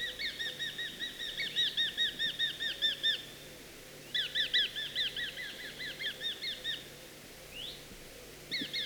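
Eurasian hobby uttering quick bursts of shrill, repeated notes, broken by gaps.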